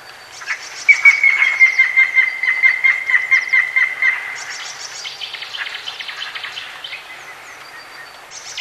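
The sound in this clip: White-tailed eagle calling a long run of quick, barking yelps that slowly drop in pitch, followed by a second, rougher burst of notes and fading chatter.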